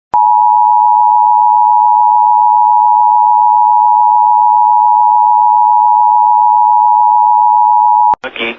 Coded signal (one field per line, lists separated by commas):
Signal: Emergency Alert System (SAME) tones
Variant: 853 and 960 Hz attention tone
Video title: FFW (EAS 74) (please read the description)